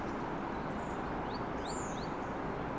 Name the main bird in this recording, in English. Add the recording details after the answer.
Great Tit. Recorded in Germany. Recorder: ecoPi